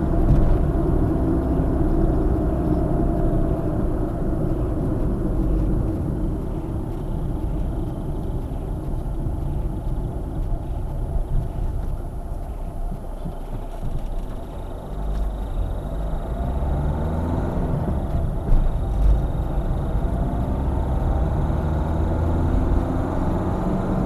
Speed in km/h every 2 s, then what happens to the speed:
63, 49, 39, 29, 21, 8, 0, 16, 24, 32, 42, 45.
0-11 brakes to 0. 12-24 pulls away to 45.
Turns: none.